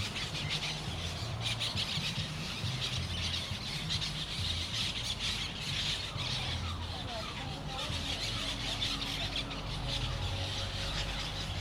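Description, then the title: Parrots giving nonstop harsh chattering squawks from many birds at once, over a low droning hum and a few fainter tonal notes. Parrots in Crespo, recorded at sunset. "Loros En Crespo Al Atardecer"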